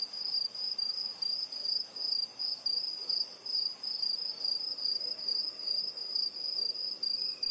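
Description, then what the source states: High, buzzing cricket trill runs nonstop, its loudness throbbing in quick repeated pulses. Intense crickets at night in a rural area, USA.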